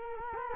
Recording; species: mosquito wingbeat signal from an infrared sensor; Culex quinquefasciatus